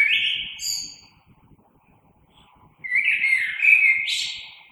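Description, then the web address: Common blackbird song: a fluted phrase with high squeaks, a short pause, then a longer, louder rich warble climbing to a high flourish. Recorded 3 March 2020. "oiseaux Merle 2020 03 03"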